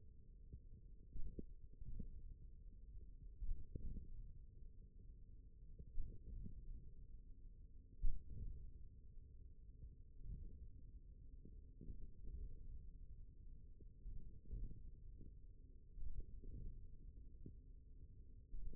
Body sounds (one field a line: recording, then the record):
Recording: forearm muscle sounds (acoustic myography)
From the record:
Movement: hand opening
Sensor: system 1, eight BSWA MPA416 microphones around the upper forearm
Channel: 4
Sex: male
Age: 41 years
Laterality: right